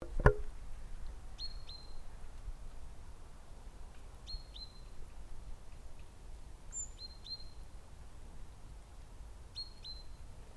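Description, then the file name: Great tit calling with quiet doubled high downslurred notes at intervals of a few seconds, over a steady low rumble, after a sharp thump at the start. "Parus major"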